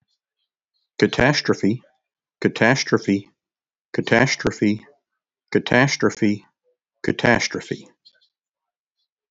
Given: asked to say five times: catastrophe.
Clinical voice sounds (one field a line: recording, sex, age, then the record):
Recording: repeated word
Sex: male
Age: 60 to 69 years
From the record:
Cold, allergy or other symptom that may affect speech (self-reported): no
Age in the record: 63 years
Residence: North Carolina, United States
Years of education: 16